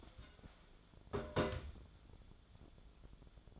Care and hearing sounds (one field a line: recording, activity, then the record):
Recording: daily activity, microphone in the room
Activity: take from stove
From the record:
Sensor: 5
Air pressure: 1010.1 hPa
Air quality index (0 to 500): 148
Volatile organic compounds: 3 ppm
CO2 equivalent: 1445 ppm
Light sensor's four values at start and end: 264/639/274/302 and 261/636/271/297